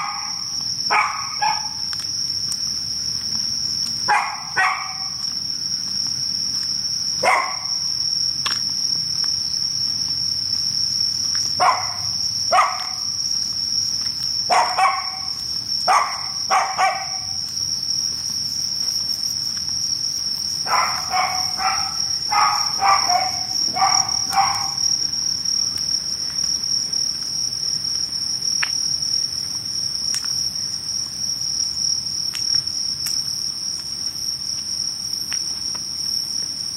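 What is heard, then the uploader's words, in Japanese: On a summer night walk, insects trill in a steady, high, unbroken chorus. Short rasping calls break in, in clusters, around the first seconds, mid-clip and in a quick run near 21–25 seconds, over a faint low rumble of town life. とある夏の夜歩き。今回は夜近所を歩いてみました。色んな虫の声や人の暮らしや、やっぱり蝉の声が時々しました。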